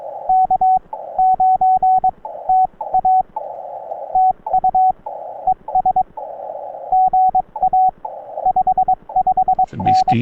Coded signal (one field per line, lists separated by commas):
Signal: Morse code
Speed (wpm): 22 wpm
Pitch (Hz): 750 Hz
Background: radio noise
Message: K9TA TU ES GA 55N